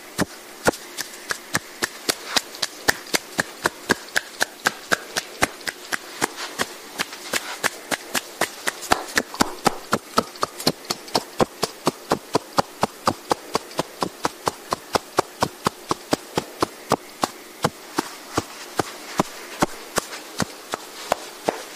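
Soft massage sounds made with massage tools: a steady run of sharp, bright taps, about three or four per second, keeping an even rhythm for the whole stretch. Beneath the taps lies a constant soft hiss, with no low rumble.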